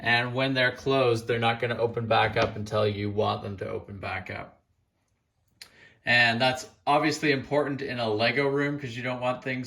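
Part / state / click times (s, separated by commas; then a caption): plastic latch on a storage container lid / seated / 5.6 s. Someone talks about an ArtBin plastic craft storage container used for LEGO storage, then pauses. A sharp click at 5.6 s is the plastic latch on the lid snapping shut. The latch is very solid with a satisfying snap, easy to open even with one hand, and stays closed until opened, before the talking resumes.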